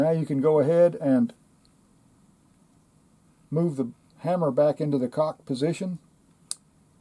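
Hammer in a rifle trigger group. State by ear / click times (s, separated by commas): seated / 6.5 s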